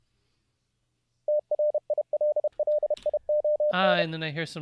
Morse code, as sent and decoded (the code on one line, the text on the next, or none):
- .-. .. .-.. .-.. .. --- -.
TRILLION